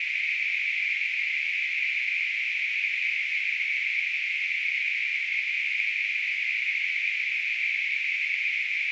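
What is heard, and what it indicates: A steady, unbroken high-pitched hiss in a narrow band, with no rhythm or pauses, holding constant loudness for about nine seconds. It is a simulated tinnitus sound, imitating the constant ringing or hissing a person with tinnitus perceives.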